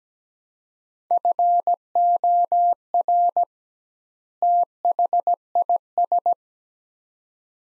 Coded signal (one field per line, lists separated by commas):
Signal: Morse code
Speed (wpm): 17 wpm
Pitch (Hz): 700 Hz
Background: none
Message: FOR THIS